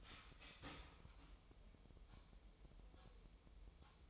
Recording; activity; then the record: daily activity, microphone in the room; start toaster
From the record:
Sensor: 1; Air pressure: 988.6 hPa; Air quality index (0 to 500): 197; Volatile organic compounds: 939 ppm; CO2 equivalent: 5236 ppm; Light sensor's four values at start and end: 25/94/35/37 and 25/94/35/37